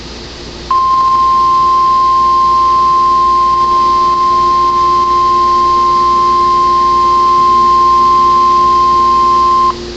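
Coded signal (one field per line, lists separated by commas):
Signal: Emergency Alert System (SAME) tones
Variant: 1050 Hz attention tone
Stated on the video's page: Virtual (simulated) EAS Tornado Warning for Kane County, Illinois.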